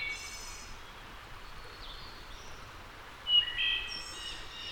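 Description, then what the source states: Wood thrush song: the tail of a high trill at the start, then a bright fluty phrase ending in a buzzy, shimmering flourish, with faint hiss. Returning wood thrush.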